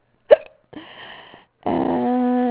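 Hiccups from an adult. They have persisted for about two hours, are pretty consistent, and are getting faster and louder.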